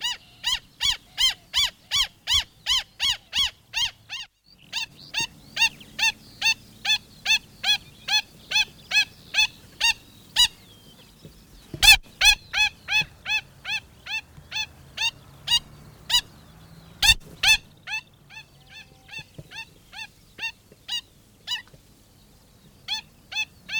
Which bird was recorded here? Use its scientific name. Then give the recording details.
Himantopus novaezelandiae. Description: Adult black stilt/kakī song. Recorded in New Zealand